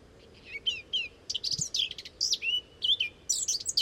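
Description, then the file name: Eurasian blackcap song, a fast jumble of scratchy and whistled notes, busiest and loudest in its later part. "Sylvia atricapilla"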